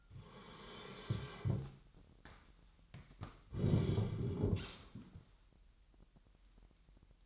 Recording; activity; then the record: daily activity, microphone in the room; sit down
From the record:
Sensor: 3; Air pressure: 998.4 hPa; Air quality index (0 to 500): 129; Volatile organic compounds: 4 ppm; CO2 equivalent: 1538 ppm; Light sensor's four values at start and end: 13/28/13/15 and 10/23/10/10